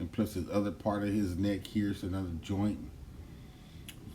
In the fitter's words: so my chest doesn't cave in don't have a problem with that actually locks in place